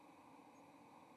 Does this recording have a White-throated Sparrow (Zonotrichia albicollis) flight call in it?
no